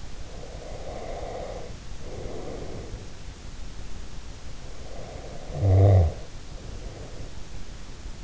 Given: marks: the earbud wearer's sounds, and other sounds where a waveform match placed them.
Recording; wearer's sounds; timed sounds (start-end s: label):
sounds in sleep by an in-ear microphone; breath, snoring breath
0.00-3.44 s: breath
4.74-7.15 s: snoring breath